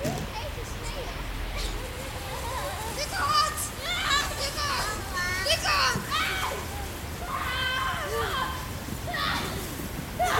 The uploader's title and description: Kids playing in the snow (Van Stolkpark, Den Haag. Kids playing in the snow, mainly sledding.